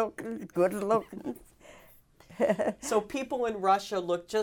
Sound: they laugh

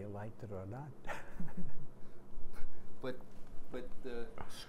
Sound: chuckles

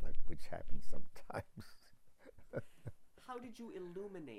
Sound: chuckles

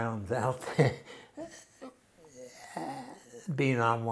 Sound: chuckles

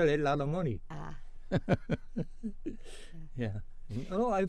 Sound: laughs

